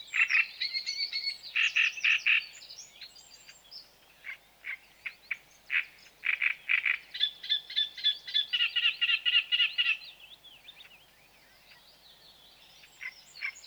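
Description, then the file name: Great reed warbler delivering a long, varied song of creaking, croaking notes and rapid repeated strident syllables, then briefly pausing. "Grotekarekiet"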